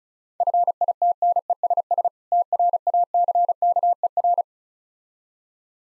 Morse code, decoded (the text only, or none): FITNESS TRACKER